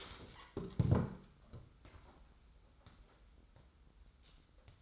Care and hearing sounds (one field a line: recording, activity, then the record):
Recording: daily activity, microphone in the room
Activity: stand up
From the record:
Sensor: 3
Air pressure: 990.4 hPa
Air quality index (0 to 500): 170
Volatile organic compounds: 1000 ppm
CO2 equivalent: 5514 ppm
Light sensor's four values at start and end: 44/103/42/41 and 44/104/42/41